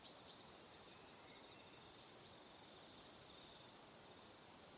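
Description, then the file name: Cricket trill, high and even, pulsing rapidly and without pause throughout, over a soft hiss. "Calm - Evening Crickets"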